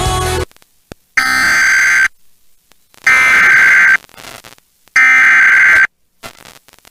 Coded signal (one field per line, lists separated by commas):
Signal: Emergency Alert System (SAME) tones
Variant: header bursts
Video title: SVR DOUBLEHEADER EAS COMPILATION MARCH 15-17 2024 LAREDO, TX (EAS #108-113)